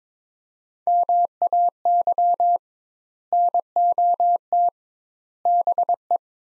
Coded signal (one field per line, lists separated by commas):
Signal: Morse code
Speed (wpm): 21 wpm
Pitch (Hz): 700 Hz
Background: none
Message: MAY NOT BE